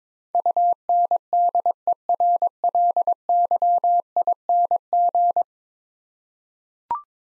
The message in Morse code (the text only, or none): UNDERLYING